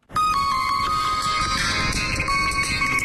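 mobile phone ringtone ringing

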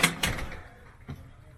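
door being closed

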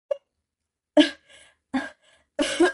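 coughing from smoke

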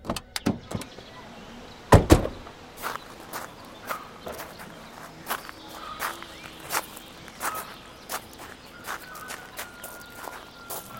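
footsteps walking

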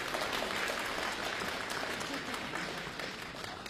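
audience applause

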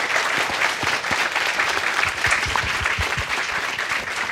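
audience applause

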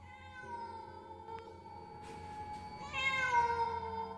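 cat meowing

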